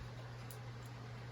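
A wooden bar of a medium beehive frame is handled against the frame's wooden end bar, with a steady low hum throughout and a brief, faint high-pitched tick at about 0.5 s and a fainter one near 0.9 s. Nothing has popped into place or seated yet.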